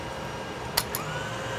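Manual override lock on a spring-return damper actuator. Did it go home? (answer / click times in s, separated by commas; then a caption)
released / 0.8 s. The manual override of a spring-return damper actuator is cranked back one more time, and its hand lock lets go with a small sharp click at 0.8 s over a steady background hum. A softer second tick follows at 1.0 s. The lock is released and the spring takes over driving the actuator again.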